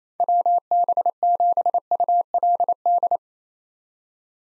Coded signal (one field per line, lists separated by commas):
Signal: Morse code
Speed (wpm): 28 wpm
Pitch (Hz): 700 Hz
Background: none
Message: WB7ULD